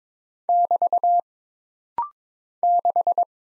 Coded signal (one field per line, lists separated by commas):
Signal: Morse code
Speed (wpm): 22 wpm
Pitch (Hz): 700 Hz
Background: none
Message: <BT> 6